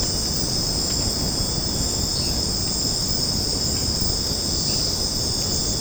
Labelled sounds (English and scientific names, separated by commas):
none